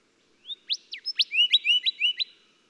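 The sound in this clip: Golden whistler song, a quick series of clear whistled notes building into repeated rising slurs, bright and ringing.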